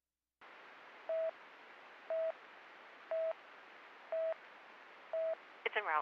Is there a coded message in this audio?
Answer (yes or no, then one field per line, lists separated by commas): no